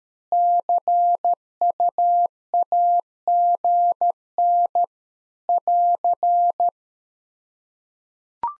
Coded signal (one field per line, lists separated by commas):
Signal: Morse code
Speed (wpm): 13 wpm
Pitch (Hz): 700 Hz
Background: none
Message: CUAGN <AR>